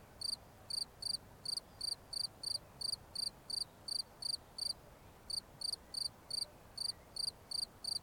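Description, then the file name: Cricket calling in quick high chirps, about three per second, with one gap midway before the rhythm resumes; light background noise. "Grillons"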